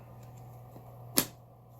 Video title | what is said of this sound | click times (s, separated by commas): Honiture H8 Cordless In-Depth Stick Vacuum Review | and it just snaps right into place. | 1.2 s